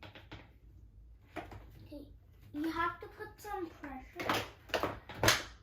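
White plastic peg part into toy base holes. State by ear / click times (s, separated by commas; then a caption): seated / 5.3 s. A white plastic peg part is pushed with pressure into the holes at the back of the plastic grass base of a Vetch Smart Shots Sports Center toy while someone talks. Sharp plastic snaps ring out near the end, with the part pressing home and seating at 5.3 s.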